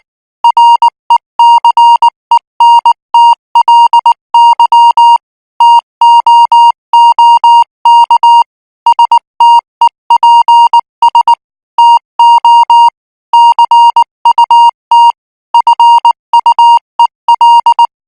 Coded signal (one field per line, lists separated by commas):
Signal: Morse code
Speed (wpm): 19 wpm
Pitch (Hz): 940 Hz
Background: music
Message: RECENTLY TOOK STEPS TO CUT FUEL